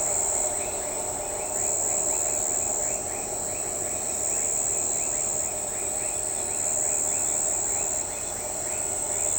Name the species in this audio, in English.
none